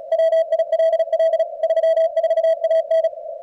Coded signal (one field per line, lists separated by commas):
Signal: Morse code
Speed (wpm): 36 wpm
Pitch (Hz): 660 Hz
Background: radio noise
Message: WILL 34AN